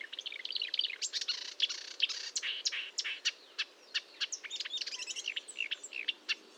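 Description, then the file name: Marsh warbler song, fast and varied: scratchy chatter mixed with whistled notes, running on in dense phrases. Recorded at Fontaine-Française, Fourneau, France, on 1 June 2022 at 10:55, with a Nagra recorder and Telinga microphone. "Rousserolle verderolle 20220601 1055 Fontaine-Francaise-Fourneau-Nagra-Telinga"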